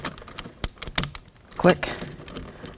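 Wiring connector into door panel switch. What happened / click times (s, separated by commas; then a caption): The connector clicked home / 0.6 s, 1.0 s. A wiring connector is pushed home into the door panel switch on the back of a 1988-2000 Chevy K1500 door panel and clicks in at about 0.6 s and 1.0 s, then it is tugged to check that it is seated. Someone talks over the sharp clicks and a few quieter taps follow.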